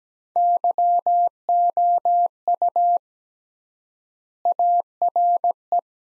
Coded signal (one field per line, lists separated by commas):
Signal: Morse code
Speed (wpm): 17 wpm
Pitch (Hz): 700 Hz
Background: none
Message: YOU ARE